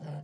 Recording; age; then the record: pig call; piglet (1 to 25 days)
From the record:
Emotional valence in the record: negative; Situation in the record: short isolation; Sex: male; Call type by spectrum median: low-frequency call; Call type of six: low-frequency stable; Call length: 0.24 s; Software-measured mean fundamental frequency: 50 Hz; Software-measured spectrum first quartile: 149 Hz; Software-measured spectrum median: 221 Hz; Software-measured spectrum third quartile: 679 Hz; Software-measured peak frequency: 152 Hz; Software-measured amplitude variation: 96 dB a second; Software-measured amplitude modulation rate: 14.6 a second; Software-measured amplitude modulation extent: 6.6 dB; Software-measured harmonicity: 5.6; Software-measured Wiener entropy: -0.84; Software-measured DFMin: 748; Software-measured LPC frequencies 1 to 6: 657, 1572, 3025, 4436, 5292, 5966 Hz